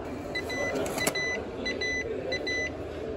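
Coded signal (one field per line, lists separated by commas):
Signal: none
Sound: payphone card return beeps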